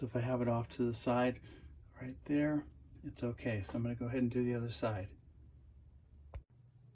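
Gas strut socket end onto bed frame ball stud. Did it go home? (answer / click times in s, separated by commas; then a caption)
yes / 6.4 s. Someone talks for about five seconds, then there is a quiet pause. At 6.4 s a single sharp click sounds as the socket end of the second gas strut on an RV Murphy bed is pushed onto its bed frame ball stud on the other side, part of a fix for the bed's irritating creaking noises. The strut snaps on and seats.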